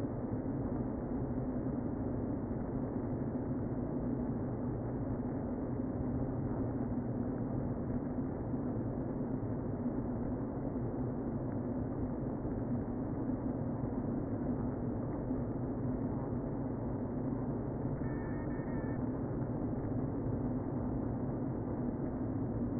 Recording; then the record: honeybee colony, microphone inside the hive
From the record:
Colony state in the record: queen present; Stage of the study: before two queens were removed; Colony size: about 60,000 bees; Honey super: yes